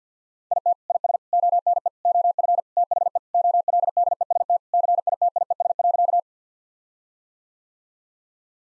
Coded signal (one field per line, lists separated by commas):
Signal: Morse code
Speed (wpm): 50 wpm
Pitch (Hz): 700 Hz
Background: none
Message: IT IS ONE OF THE OLDEST CITIES.